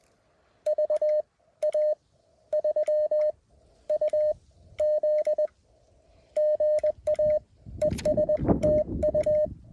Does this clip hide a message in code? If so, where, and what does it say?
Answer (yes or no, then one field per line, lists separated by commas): yes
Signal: Morse code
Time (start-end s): 0.7-9.4 s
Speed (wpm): 20 wpm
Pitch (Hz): 590 Hz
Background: radio noise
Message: VA3UZ GA ES TU